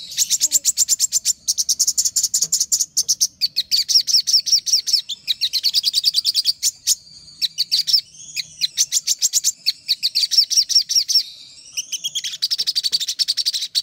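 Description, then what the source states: Little spiderhunter song: a nearly continuous stream of high, rapid chips and rattling trills. Brief whistled slurs break in partway through. Master recording used for training birds.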